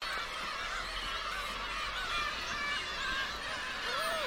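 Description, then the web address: Many gulls crying together, thin mewing and wailing notes layered over one another, with a clearer cry near the end. Distant gulls at a seagull island in Hachinohe, Japan. "Foundation 1 AMBIENCE HACHINOHE SEAGULL ISLAND DISTANT"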